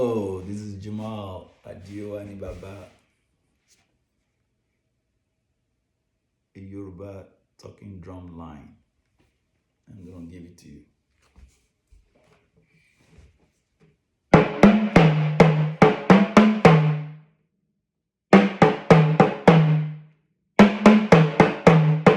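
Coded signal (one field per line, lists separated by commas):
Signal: talking drum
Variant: Yoruba sakara drum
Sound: a man speaks briefly, then groups of resonant low drum strokes with slightly gliding pitch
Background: man speaking, small room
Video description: Playing "Ọsan gangan ni aṣa o gbe" with the Yoruba Orunsha Sakara talking drum by Jammal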